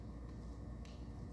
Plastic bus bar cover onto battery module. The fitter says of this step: And the whole little plastic enclosure thing here for them just kind of snaps into place. There we go.